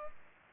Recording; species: mosquito wingbeat signal from an infrared sensor; Culex pipiens